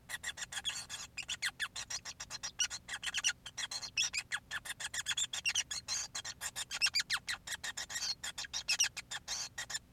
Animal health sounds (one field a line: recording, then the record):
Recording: song of a male Bengalese finch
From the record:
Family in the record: son of father 5